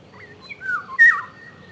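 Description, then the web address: Eurasian golden oriole, a brief fluid whistled phrase ending in a clear, sustained whistle. Recorded in spring. "vremena vesna ivolga"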